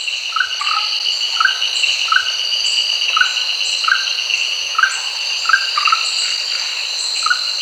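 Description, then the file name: Orange-bellied tree frog calling with brief chirped notes repeated roughly every half second to second, set against a constant shrill insect drone. "Rhacophorus aurantiventris"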